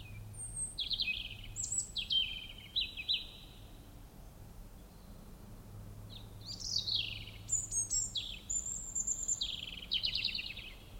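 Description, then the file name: European robin song: high, liquid phrases of whistles and rapid trills, a pause around the middle, then a fuller run of varied notes; faint low hum behind. "Erithacus rubecula"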